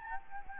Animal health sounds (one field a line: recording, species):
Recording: mosquito wingbeat signal from an infrared sensor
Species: Anopheles gambiae